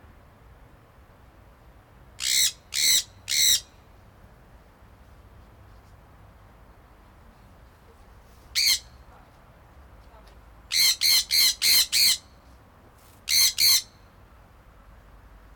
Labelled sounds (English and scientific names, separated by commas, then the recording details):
Sun Parakeet (Aratinga solstitialis)
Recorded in captivity
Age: adult
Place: Tiergarten Wilhelma/Stuttgart, Baden-Württemberg, DE
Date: 1996-09-18 17:40
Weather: bedeckt, 14°C, teils böiger Wind
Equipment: Sony MD-WM MZ-R3, Sennheiser ME 80, Kopie Uher 4000 Report Monitor
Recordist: Tembrock, Günter